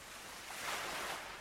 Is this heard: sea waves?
yes